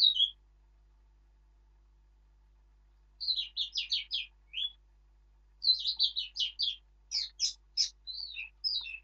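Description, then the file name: Eurasian blackcap song: a brief note, then two bursts of quick, varied warbling chirps, the second longer, in otherwise quiet surroundings. "Sylvia atricapilla"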